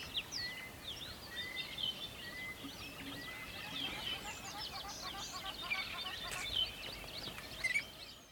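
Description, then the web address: Birds chirping in a busy chorus, many short high twitters and whistled notes overlapping throughout, over a steady hiss of background noise. Recorded near a river. "birds chirping near the river"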